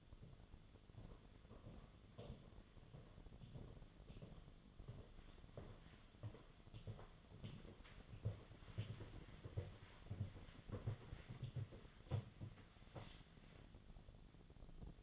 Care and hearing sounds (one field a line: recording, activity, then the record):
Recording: daily activity, microphone in the room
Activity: walk to room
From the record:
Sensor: 4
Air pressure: 1011.0 hPa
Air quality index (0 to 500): 161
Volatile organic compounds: 4 ppm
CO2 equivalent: 1637 ppm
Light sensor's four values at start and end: 45/127/51/53 and 43/123/50/51